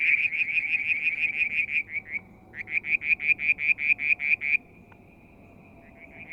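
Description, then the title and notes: Frogs: frog calls: bursts of loud, evenly spaced high pulsed notes, a short pause, then another clear burst, ending in a faint thin trill. Calling one evening near a water tank at Mount Wilson, New South Wales, Australia, July 2022. "Frog song, Mount Wilson, New South Wales, Australia in July 2022 – by Alexander Moffatt. Limnodynastes Peronii, Litoria Verreauxii and a mystery frog one evening near the water tank"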